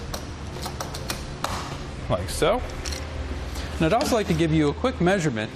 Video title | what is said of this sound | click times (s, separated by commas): etrailer - Installing the Yakima RidgeLine Roof Rack for Flush Rails on your 2014 GMC Acadia | we can put in our end caps here and these just snap into place like | 1.4 s